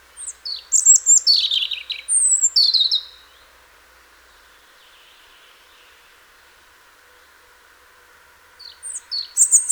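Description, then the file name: European robin singing two high, liquid warbled phrases of descending whistles and trills, separated by roughly five seconds of near silence. "Erithacus rubecula"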